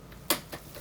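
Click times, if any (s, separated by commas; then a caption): 0.3 s. A plastic LEGO element is dropped into its mount on the LEGO Super Mario 2023 Donkey Kong's Tree House (71424) build and pressed until it snaps into place. A sharp click is heard at 0.3 s, followed by a softer tick around 0.5 s. The part is seated.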